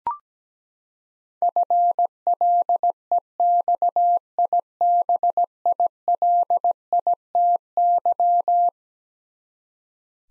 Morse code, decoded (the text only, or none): FLEXIBILITY